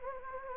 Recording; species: mosquito wingbeat signal from an infrared sensor; Anopheles gambiae